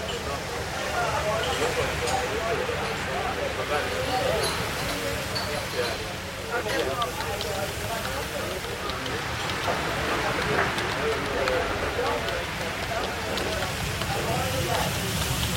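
Coffee shop ambience with a constant murmur of overlapping voices, no single speaker standing out. The level stays steady for the whole stretch over a low, continuous rumble, with occasional faint clicks and clinks scattered through the chatter.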